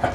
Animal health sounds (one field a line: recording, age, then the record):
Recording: pig call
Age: growing-finishing pig (85 days or more)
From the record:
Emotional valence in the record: positive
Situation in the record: run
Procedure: transit